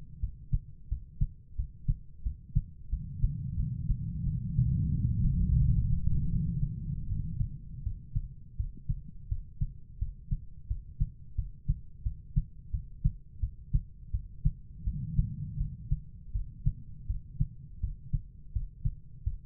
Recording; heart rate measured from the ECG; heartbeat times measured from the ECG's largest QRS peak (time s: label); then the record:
heart sounds by stethoscope; 85 bpm
0.19 s: heartbeat
0.88 s: heartbeat
1.55 s: heartbeat
2.22 s: heartbeat
2.89 s: heartbeat
3.55 s: heartbeat
4.23 s: heartbeat
4.90 s: heartbeat
5.58 s: heartbeat
6.29 s: heartbeat
7.07 s: heartbeat
7.82 s: heartbeat
8.56 s: heartbeat
9.28 s: heartbeat
9.98 s: heartbeat
10.67 s: heartbeat
11.34 s: heartbeat
12.02 s: heartbeat
12.70 s: heartbeat
13.39 s: heartbeat
14.10 s: heartbeat
14.83 s: heartbeat
15.56 s: heartbeat
16.31 s: heartbeat
17.06 s: heartbeat
17.80 s: heartbeat
18.52 s: heartbeat
19.23 s: heartbeat
From the record:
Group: healthy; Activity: cold pressor test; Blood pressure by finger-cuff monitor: 117/75 mmHg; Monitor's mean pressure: 94 mmHg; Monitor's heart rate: 86 bpm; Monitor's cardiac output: 6.3 L/min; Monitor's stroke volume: 74 mL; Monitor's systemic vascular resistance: 1050 dyn s/cm5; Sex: female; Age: 43 years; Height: 160 cm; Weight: 90 kg